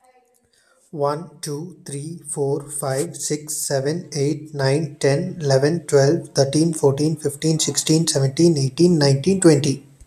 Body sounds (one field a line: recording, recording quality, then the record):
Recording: counting at a fast pace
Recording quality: excellent, no background noise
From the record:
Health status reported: healthy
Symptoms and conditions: none ticked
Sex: male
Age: 25 years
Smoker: not ticked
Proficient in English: yes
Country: India